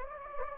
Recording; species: mosquito wingbeat signal from an infrared sensor; Anopheles gambiae